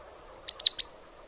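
Marsh tit call: three quick, high, downward-slurred notes in a tight burst over a faint low hum.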